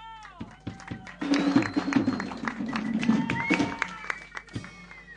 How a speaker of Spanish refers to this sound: Chicos, chicas, le damos un fuerte aplauso a la banda que acaba de tocar.